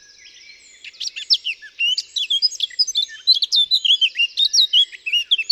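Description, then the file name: Eurasian blackcap song, a soft chattering start building into a loud, rapid, fluty warble of varied whistled notes, clear and continuous. "Sylvia atricapilla"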